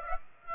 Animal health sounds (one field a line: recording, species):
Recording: mosquito wingbeat signal from an infrared sensor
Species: Aedes aegypti